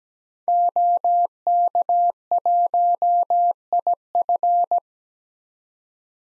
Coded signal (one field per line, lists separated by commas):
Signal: Morse code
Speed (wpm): 17 wpm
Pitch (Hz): 700 Hz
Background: none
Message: OK1IF